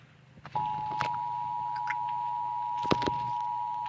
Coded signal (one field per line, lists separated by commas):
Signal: Emergency Alert System (SAME) tones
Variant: 853 and 960 Hz attention tone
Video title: Tornado worming on the tv eas